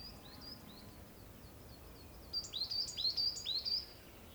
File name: Fringilla coelebs